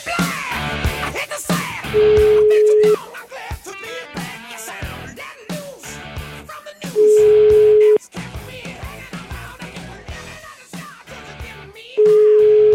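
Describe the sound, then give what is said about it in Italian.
A telephone call placed from the radio show La Zanzara rings out with long, steady, mid-pitched ringback tones, each about a second, repeating at even intervals of roughly five seconds over a busy musical background. “vai, vai col telefono, vai.”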